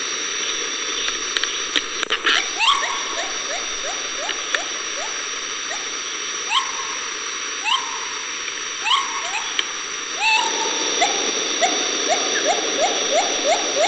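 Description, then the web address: Gibbon calling, a series of rising whooping notes over a constant hissing background noise. Asian animal, dated 11 April 2010. "asien-tiere gibbon 11042010"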